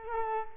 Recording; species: mosquito wingbeat signal from an infrared sensor; Culex quinquefasciatus